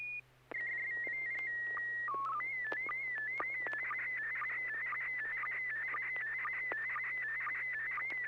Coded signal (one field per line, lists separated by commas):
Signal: SSTV (slow-scan television)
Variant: PD 120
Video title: N6NA SSTV Net - 09/27/2023